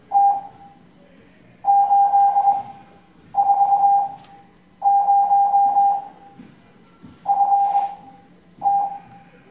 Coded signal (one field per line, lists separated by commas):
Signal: Morse code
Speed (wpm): 21 wpm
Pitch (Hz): 800 Hz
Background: none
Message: T 8 4 0 F T